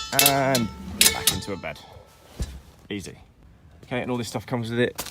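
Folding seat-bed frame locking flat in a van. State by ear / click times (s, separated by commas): seated / 1.0 s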